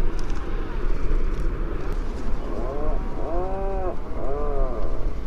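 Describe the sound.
Bird calls: three nasal, arching honks in quick succession near the end, heard above a heavy low droning rumble.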